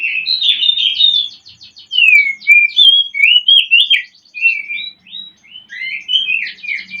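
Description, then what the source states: Oriental magpie-robin in full song, loud fast sequence of trills, chattering notes and bright whistled slurs almost without a break. Used to stimulate a bird into singing; Indonesian 'pancingan birahi' (mating-arousal lure) and 'masteran' (tutor song) style.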